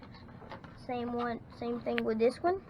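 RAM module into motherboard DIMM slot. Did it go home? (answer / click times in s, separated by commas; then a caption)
yes / 0.5 s. A RAM stick is pressed down into its motherboard DIMM slot until the plastic retention clip flips back up, giving a click at 0.5 s, and the stick is seated. Faint ticks surround the click, and from about 0.9 s someone talks.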